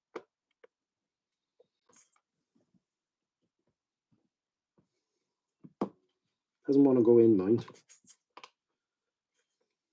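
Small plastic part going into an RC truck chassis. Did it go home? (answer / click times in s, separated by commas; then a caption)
no / none. A small plastic part is pushed by hand into an RC truck chassis while the truck is being worked on, the part still resisting going in. Faint handling ticks and scrapes are heard, with a sharper tap near 5.8 s, then someone talks briefly and a couple of small ticks follow. Nothing has seated or clicked into place yet.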